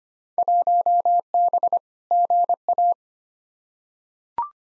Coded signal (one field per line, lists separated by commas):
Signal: Morse code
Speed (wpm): 25 wpm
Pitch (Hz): 700 Hz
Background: none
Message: 1B GA